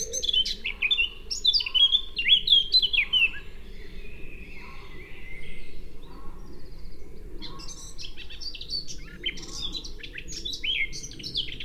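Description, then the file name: Eurasian blackcap song in two bursts of rapid, varied warbling, a busy opening phrase, a quieter gap, then another lively run of notes. "Sylvia atricapilla"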